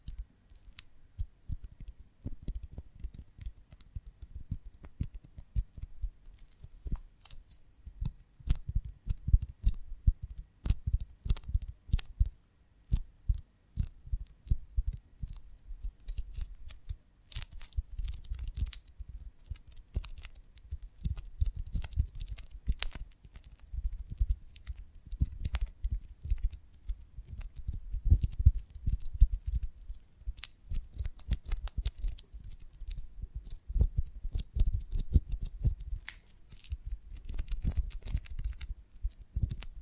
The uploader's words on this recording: ASMR of a Honeycomb on Branch (No Talking).